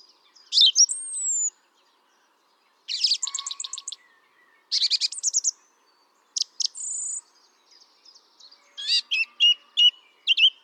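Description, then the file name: Song thrush song with a high whistle, a dry rattling trill, a rapid stuttering phrase and sharp repeated notes, separated by short gaps. "Turdus philomelos"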